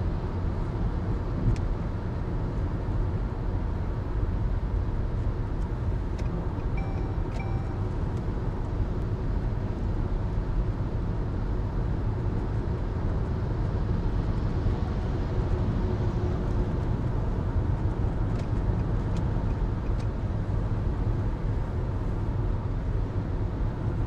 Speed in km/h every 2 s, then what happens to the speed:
120, 120, 121, 122, 122, 122, 123, 123, 124, 124, 123, 120.
0-24 steady at about 122.